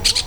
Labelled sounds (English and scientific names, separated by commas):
Brown-throated Parakeet (Eupsittula pertinax) contact call